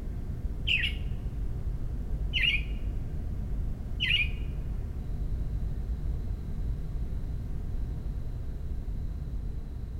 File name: Northern Mockingbird Home MD 20120526 protesting commotion